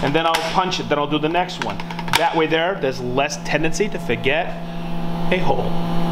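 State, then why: Not seated. Someone talks while handling the metal indexing pin on a router's hole-boring guide rail, which is lifted and pushed toward the next registration hole so it clicks in before the router is plunged to bore that hole. A steady low hum runs under the speech. Nothing has seated or clicked yet; the pin is not home by the end.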